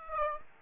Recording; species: mosquito wingbeat signal from an infrared sensor; Aedes aegypti